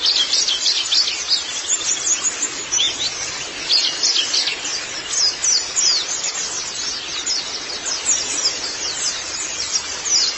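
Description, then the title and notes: White-eye twittering in rapid, high, thin chirps, running unbroken across the whole stretch. "Kicauan Burung Pleci Durasi Panjang. Suara kicauan burung pleci"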